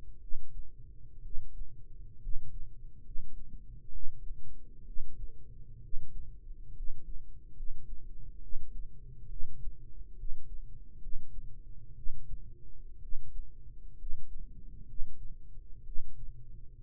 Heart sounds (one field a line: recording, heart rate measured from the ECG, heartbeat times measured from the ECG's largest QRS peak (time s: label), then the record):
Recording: heart sounds by microphone in the right ear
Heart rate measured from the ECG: 65 bpm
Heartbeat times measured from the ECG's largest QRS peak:
0.17 s: heartbeat
1.19 s: heartbeat
2.16 s: heartbeat
2.99 s: heartbeat
3.88 s: heartbeat
4.81 s: heartbeat
5.78 s: heartbeat
6.70 s: heartbeat
7.51 s: heartbeat
8.37 s: heartbeat
9.25 s: heartbeat
10.13 s: heartbeat
10.97 s: heartbeat
11.91 s: heartbeat
12.97 s: heartbeat
13.94 s: heartbeat
14.83 s: heartbeat
15.81 s: heartbeat
16.77 s: heartbeat
From the record:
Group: healthy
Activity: rest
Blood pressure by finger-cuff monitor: 104/69 mmHg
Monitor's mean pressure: 79 mmHg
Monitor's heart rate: 67 bpm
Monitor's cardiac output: 6.9 L/min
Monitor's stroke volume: 104 mL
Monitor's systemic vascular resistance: 830 dyn s/cm5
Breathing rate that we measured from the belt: 16 breaths a minute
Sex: male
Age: 22 years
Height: 185 cm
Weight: 112.4 kg